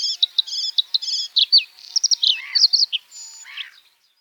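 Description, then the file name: Bluethroat song, a rich, fast, varied string of high trills, buzzy rattles and clipped whistles that changes phrase often before stopping. "varakushka"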